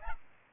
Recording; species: mosquito wingbeat signal from an infrared sensor; Aedes albopictus